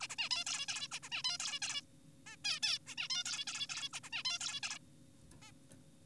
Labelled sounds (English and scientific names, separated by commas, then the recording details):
Zebra Finch (Taeniopygia guttata)
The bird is an adult
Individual g4p5U